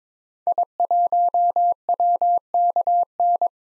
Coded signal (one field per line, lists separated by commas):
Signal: Morse code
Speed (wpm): 22 wpm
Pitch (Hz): 700 Hz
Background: none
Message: I1WKN